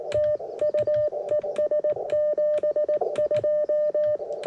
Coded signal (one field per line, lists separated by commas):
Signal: Morse code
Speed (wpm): 19 wpm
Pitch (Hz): 590 Hz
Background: none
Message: TU ES 72